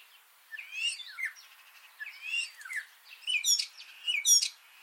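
Common starling song: rasping, twisting phrases mixed with sharp clicks and squeaky notes, in bursts that grow louder toward the end.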